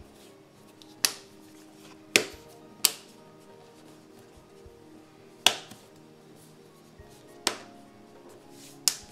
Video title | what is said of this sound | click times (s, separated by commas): NEW SAMSUNG GALAXY NOTE 4 Unbox Ebay Purchase (Good Deal) White. Shadow What To Expect/Review | it just clicks on. Just go around all the way to hear all the clicks. | 1.1 s, 2.2 s, 2.9 s, 5.5 s, 7.5 s, 8.9 s